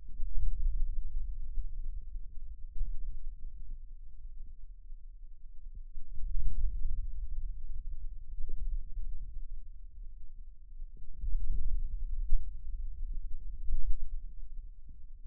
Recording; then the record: forearm muscle sounds (acoustic myography)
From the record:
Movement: radial deviation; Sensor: system 2, bracelet of six BSWA MPA416 microphones around the upper forearm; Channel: 1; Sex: male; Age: 22 years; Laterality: right